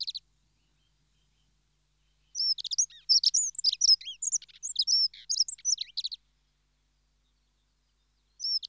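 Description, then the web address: Dunnock song: a rapid, high, scratchy warble of thin squeaky notes lasting about four seconds, with brief fragments at the start and end, otherwise silent. "BBC Sound Effects Library. Dunnock (Prunella Modularis)"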